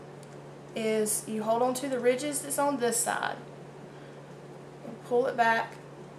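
Someone talks while gripping the ridges on one side of a plastic, spring-loaded Animas Inset (9mm) infusion set inserter to cock it by pulling it back. Only speech and faint handling are heard. Nothing has snapped or seated yet.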